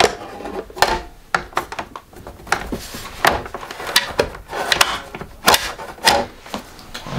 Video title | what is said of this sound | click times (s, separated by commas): Cisco Webex Desk Pro Unboxing Setup and Overview | right you should hear them snap in the cover can move up and down | 4.0 s, 4.7 s, 4.8 s